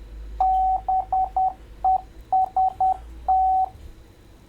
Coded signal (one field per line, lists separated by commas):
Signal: Morse code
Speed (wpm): 10 wpm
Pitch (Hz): 760 Hz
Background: radio noise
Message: BEST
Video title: Python code for Morse Code decoder drag and drop